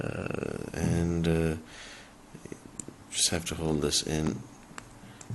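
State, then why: Seated. A rubber/plastic waterproof port cover on a Sonim Land Rover S1 rugged phone is held and pressed into its opening while someone talks. Small sharp ticks are heard between phrases, and the cover clicks shut at 4.8 s, sealing the port to make it waterproof.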